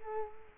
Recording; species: mosquito wingbeat signal from an infrared sensor; Culex quinquefasciatus